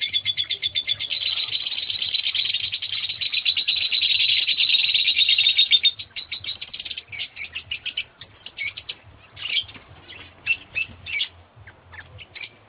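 Lovebird calls: a dense stream of fast, high chirps for about six seconds, then scattered sharp squeaks and twitters over a faint low hum.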